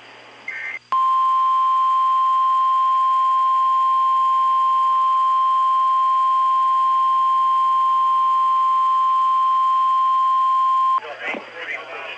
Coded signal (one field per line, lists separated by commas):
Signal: Emergency Alert System (SAME) tones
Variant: 1050 Hz attention tone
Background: speech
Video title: [LIVE VOICE] Tornado Warning - EAS #494 - 2/20/14 9:18 PM